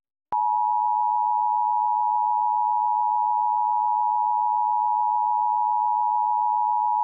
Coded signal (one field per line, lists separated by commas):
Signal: Emergency Alert System (SAME) tones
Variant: 853 and 960 Hz attention tone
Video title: EAS Severe Thunderstorm Warning During Xavier Riddle And The Secret Museum (6-16-23 WNJT-DT1)